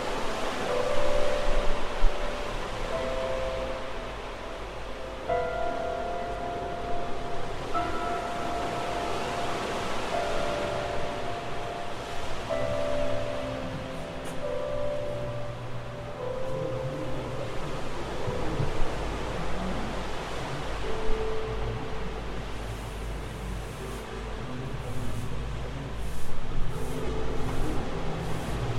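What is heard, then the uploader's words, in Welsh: A steady, dense wash of sea surf fills the recording, with a louder swell near the start and another around 26 seconds. Soft, sustained piano notes ring out over the waves through the first half, then thin out and fade. Cyfansoddiad ar gyfer y piano, gyda recordiad o'r môr yn Aberystwyth, 2020.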